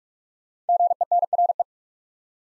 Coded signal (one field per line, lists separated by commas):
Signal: Morse code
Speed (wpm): 44 wpm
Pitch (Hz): 700 Hz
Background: none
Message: GENRE